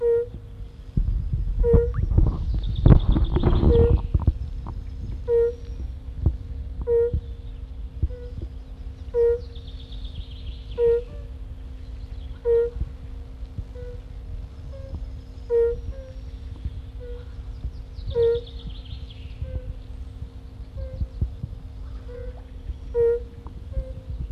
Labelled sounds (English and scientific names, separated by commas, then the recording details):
Edible Frog (Pelophylax esculentus) call
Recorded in the wild
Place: Buxpfuhl, Brandenburg, DE
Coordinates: 52.78, 13.67
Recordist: Günther, Rainer